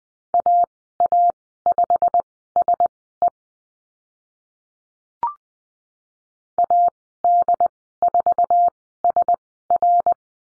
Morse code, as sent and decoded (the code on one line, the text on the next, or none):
.- .- ..... ... . / .- -.. ....- ... .-.
AA5SE AD4SR